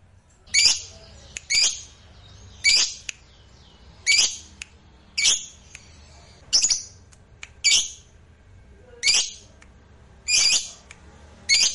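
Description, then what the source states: Lovebird giving a series of harsh, screechy notes. Fighter-type lovebird singing energetically (gacor).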